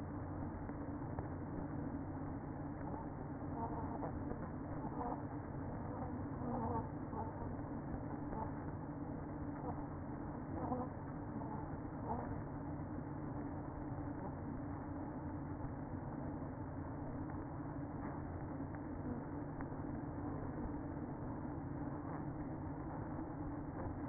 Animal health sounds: honeybee colony, microphone inside the hive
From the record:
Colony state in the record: queen present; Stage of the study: after two queens were removed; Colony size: about 60,000 bees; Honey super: yes

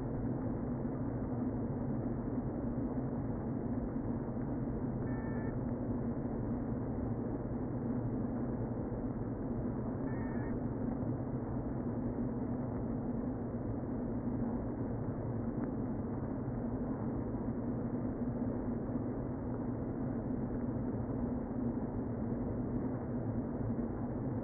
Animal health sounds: honeybee colony, microphone inside the hive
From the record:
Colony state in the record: queen present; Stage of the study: before two queens were removed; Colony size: about 60,000 bees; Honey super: yes

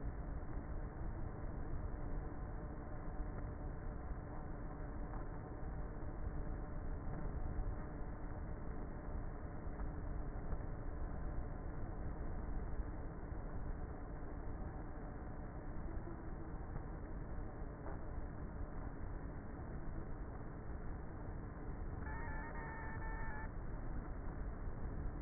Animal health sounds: honeybee colony, microphone inside the hive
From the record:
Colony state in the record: queenless with a low population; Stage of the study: before two queens were removed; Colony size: about 30,000 bees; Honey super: no

